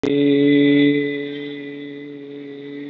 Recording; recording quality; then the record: sustained vowel as in made; excellent, no background noise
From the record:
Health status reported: recovered from COVID-19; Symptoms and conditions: none ticked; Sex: male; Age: 24 years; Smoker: not ticked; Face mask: not worn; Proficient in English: yes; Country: India